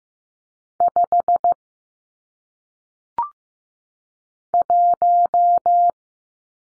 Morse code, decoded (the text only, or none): 5 1